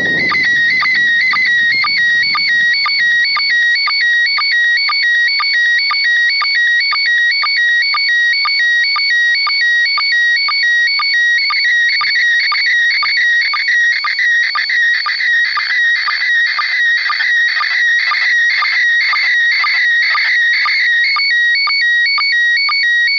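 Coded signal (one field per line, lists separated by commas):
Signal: SSTV (slow-scan television)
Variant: PD120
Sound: steady warbling tone with rhythmic clicks about twice a second, continuous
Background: brief rumble at start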